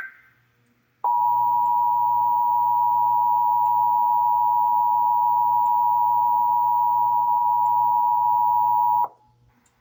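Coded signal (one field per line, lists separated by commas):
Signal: Emergency Alert System (SAME) tones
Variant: 853 and 960 Hz attention tone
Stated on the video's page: Texas required monthly EAS test, May 2025, received from several television and radio stations.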